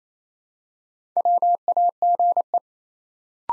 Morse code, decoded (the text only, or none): WAGE